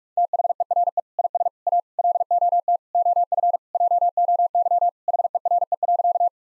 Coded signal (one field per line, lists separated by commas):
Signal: Morse code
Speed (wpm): 46 wpm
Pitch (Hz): 700 Hz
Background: none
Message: THERE IS A LOT OF JOY HERE.